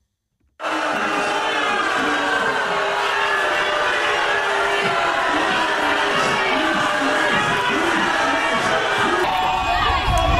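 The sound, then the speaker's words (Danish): A loud, continuous roar of a crowd shouting and jeering at British Prime Minister Boris Johnson, many voices overlapping in a dense wall of noise that starts abruptly and holds steady throughout. “I går der blev der råbt af den britiske premierminister Boris Johnson.”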